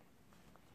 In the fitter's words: the front comes up with this button here and then pops into place and